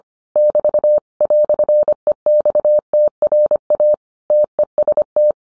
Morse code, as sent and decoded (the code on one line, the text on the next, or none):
-...- / .-..-. . -..- - .-. .- / - . ... -
<BT> "EXTRA TEST